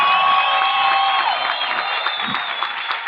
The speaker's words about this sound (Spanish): Un aplauso para todo el pueblo de Piedecuesta y para los visitantes.